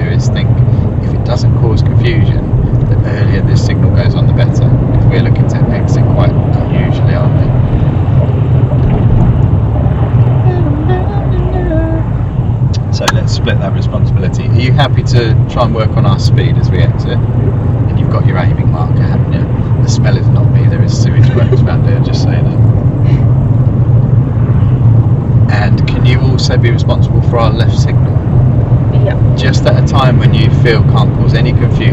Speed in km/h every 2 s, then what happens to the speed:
31, 35, 39, 35, 27, 23, 24, 29, 32, 35, 37, 34, 34, 35, 37, 40.
0-5 speeds up to 39. 5-11 slows to 23. 11-18 speeds up to 35. 18-25 steady at about 34. 25-32 speeds up to 40.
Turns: none.